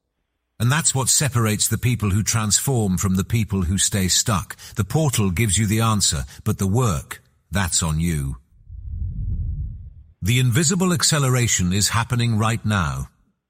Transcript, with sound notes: And that's what separates the people who transform from the people who stay stuck.
The portal gives you the answer, but the work, that's on you. (wind blowing) The invisible acceleration is happening right now.